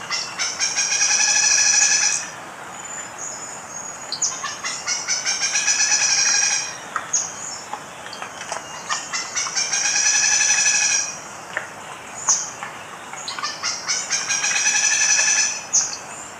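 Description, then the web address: Lineated Foliage-gleaner singing repeated bursts of harsh, rasping, rattled notes, each lasting about two seconds, separated by pauses of similar length with scattered sharp notes between. Ecuador. "Birds of Ecuador. Lineated Foliage-gleaner"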